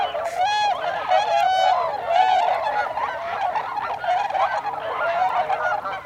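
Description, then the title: Tundra swans calling in a flock, overlapping mellow honking and whooping notes that rise and fall, a steady chorus of many birds throughout. Recorded 26 December 2020. "2020 12 26 Tundra Swans"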